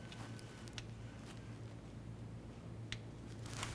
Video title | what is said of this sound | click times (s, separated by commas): How to Replace Oil Pressure Sender 2000-2005 Buick LeSabre | There it is. Give a little click. | 2.9 s